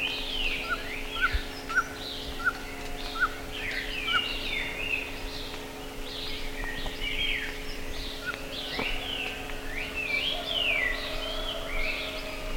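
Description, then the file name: Bird calls: a few quick chirps early on beneath a dense chorus of other birds giving slurred, rising and falling whistles throughout. "SABIOD 50 bird 2015"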